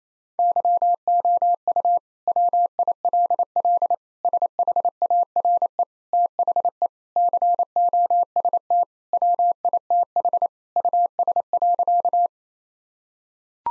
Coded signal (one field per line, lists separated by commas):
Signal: Morse code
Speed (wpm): 27 wpm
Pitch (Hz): 700 Hz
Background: none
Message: YOU WILL SHARE THE COST WITH US.